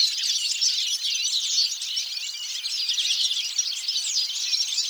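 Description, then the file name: Busy European goldfinch twittering: fast, high, jangling chirps layered over one another in a continuous chatter for the whole short stretch. "Carduelis carduelis"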